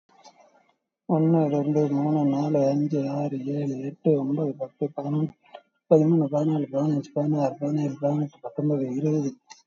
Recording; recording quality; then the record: counting at a fast pace; excellent, no background noise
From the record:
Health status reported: COVID-19 positive, moderate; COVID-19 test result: positive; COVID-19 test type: RT-PCR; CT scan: taken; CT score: 10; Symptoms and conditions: cough, cold, fever, fatigue, muscle pain, loss of smell and taste, diarrhoea, diabetes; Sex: male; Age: 47 years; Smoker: no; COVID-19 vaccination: none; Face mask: worn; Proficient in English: yes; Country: India